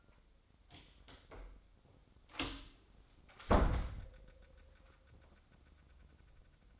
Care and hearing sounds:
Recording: daily activity, microphone in the room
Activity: close door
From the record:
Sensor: 3

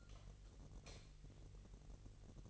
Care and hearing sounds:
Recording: daily activity, microphone in the room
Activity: light off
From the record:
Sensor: 4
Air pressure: 1012.7 hPa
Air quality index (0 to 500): 248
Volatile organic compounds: 4 ppm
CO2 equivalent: 1656 ppm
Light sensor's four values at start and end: 16/40/16/17 and 14/32/13/13

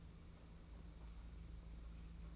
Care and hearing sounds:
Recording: daily activity, microphone in the room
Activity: take from stove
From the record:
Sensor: 1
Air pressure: 991.9 hPa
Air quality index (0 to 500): 216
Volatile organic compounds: 1000 ppm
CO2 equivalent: 8423 ppm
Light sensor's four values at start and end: 22/76/30/30 and 22/76/30/30

